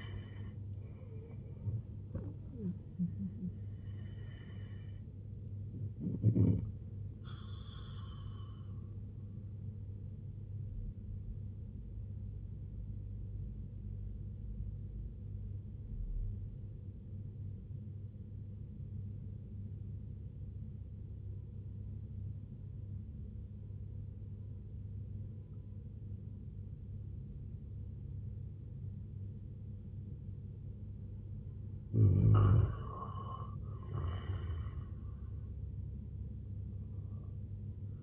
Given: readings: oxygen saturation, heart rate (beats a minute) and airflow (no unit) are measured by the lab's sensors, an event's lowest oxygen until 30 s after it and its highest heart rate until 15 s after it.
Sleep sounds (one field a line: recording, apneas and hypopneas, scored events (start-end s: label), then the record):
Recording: breathing in sleep by a smartphone at the bedside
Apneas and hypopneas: 1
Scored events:
10.00-31.10 s: obstructive apnea (N1, oxygen 96% highest, then 88% lowest, heart rate 75 at the start, 87 highest)
14.00-38.03 s: new sleep stage, N2 (light sleep)
From the record:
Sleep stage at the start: N1 (lightest sleep)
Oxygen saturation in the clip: 90 to 96%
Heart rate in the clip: 62 to 101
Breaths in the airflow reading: 2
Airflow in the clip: -11.4 to 13.1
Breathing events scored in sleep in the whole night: 258 in 7.4 hours asleep